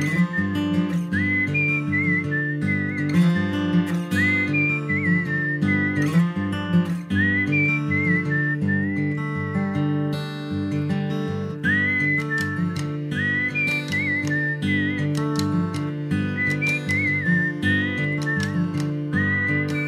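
A human whistles a bright, high melody in short, lilting phrases over a steady full-band song with bass and rhythmic accompaniment, the whistled tune clearly on top of the music.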